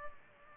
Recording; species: mosquito wingbeat signal from an infrared sensor; Culex pipiens